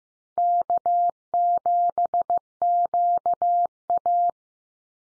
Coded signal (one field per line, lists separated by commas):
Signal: Morse code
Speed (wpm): 15 wpm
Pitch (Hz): 700 Hz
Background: none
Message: K7QA